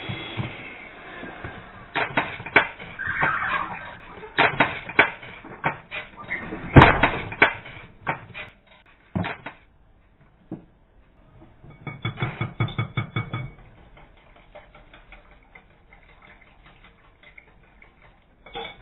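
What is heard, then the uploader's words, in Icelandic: Kitchen sounds from baking: a run of dull knocks, taps and clatter from about 2 to 9 seconds, with one sharp bang near 7 seconds. After a near-quiet pause, a quicker burst of rattling tapping follows around 12 seconds, then sparse soft thuds. Everything sounds muffled. Brot af bakstri.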